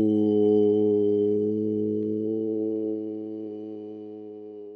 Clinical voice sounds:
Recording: sustained vowel /o/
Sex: male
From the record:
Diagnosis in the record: healthy control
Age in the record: 68 years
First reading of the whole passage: 59 s, 8.7 characters per second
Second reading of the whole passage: 51 s, 9.9 characters per second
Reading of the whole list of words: 42 s, 6.7 characters per second

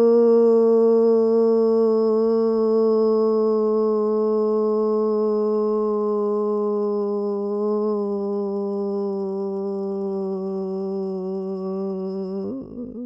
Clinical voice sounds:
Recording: sustained vowel /u/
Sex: female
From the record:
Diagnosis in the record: Parkinson's disease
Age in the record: 65 years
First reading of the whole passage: 242 s, 2.1 characters per second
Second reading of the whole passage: 180 s, 2.9 characters per second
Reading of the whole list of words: 168 s, 1.7 characters per second

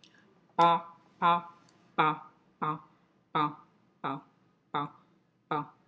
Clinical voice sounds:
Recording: repeated syllable /pa/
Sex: female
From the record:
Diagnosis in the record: healthy control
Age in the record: 68 years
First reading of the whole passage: 56 s, 9.3 characters per second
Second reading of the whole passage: 53 s, 9.8 characters per second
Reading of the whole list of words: 52 s, 5.4 characters per second

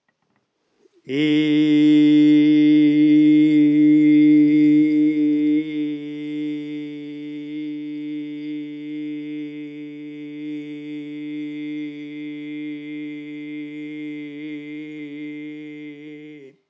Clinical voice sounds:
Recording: sustained vowel /i/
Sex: male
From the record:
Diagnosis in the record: healthy control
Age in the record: 68 years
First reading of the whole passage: 60 s, 8.7 characters per second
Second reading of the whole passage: 55 s, 9.3 characters per second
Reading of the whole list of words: 43 s, 6.5 characters per second

